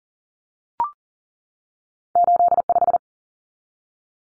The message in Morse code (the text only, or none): 85